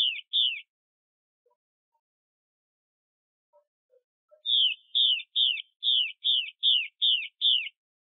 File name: Tieng chim hoa mi mai xuy